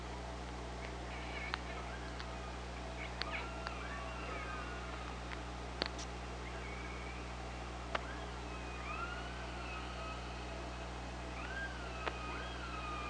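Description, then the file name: Killer whale calls under water: several faint, rising and falling tonal calls scattered throughout, with sharp clicks and a steady low hum. Recorded by OrcaLab hydrophone on 24 August 2017. "Orca Lab UTLN JASON 20170824 052316"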